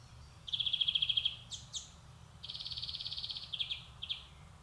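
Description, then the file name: European greenfinch giving a rapid trill, two quick high notes, then a longer buzzy trill ending in single chirps. "Chloris chloris"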